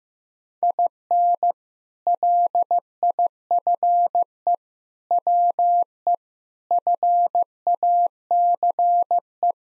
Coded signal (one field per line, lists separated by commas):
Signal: Morse code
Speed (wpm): 15 wpm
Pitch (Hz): 700 Hz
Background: none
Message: IN LIFE WE FACE